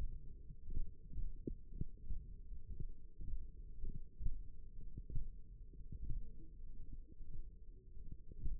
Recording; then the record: forearm muscle sounds (acoustic myography)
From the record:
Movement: tripod grip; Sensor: system 1, eight BSWA MPA416 microphones around the upper forearm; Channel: 2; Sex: male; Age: 23 years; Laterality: right